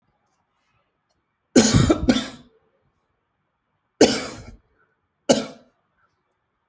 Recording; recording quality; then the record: heavy voluntary cough; excellent, no background noise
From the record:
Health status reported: healthy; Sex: male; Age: 32 years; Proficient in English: yes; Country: India